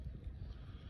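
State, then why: Not seated. A small plastic hose clamp is handled around a tube in a soilless growing setup, with soft low rumbling and irregular handling thumps throughout the one-second clip. Nothing has clipped shut or seated yet.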